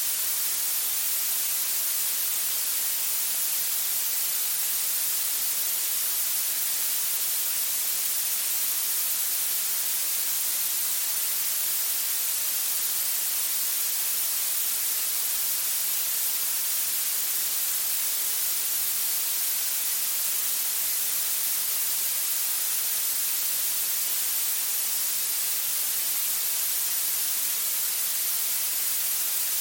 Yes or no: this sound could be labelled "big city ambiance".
no